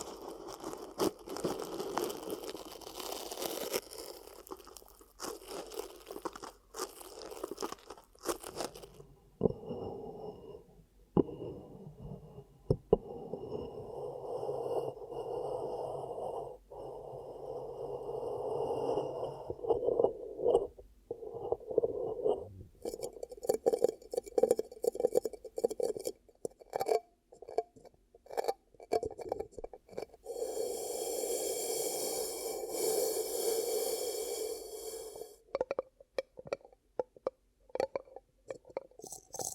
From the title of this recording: ASMR 10 Ear Cupping Triggers